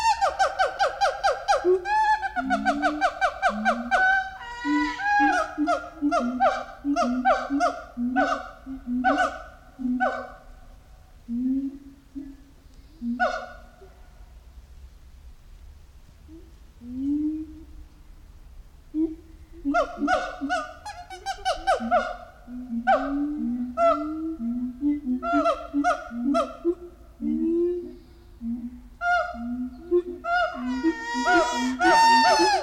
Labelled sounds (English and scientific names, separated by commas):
Siamang (Symphalangus syndactylus)